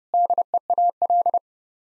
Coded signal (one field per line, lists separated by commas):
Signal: Morse code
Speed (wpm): 32 wpm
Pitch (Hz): 700 Hz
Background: none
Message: DEAL